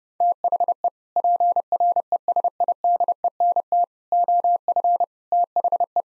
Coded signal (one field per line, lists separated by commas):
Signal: Morse code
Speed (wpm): 30 wpm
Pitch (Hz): 700 Hz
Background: none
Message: THE PRESIDENT OF THE